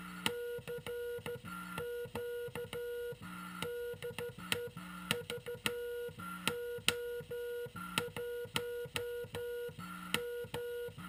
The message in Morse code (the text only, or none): CQ DE VO1M